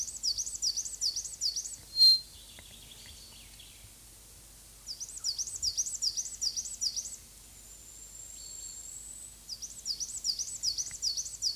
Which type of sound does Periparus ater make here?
song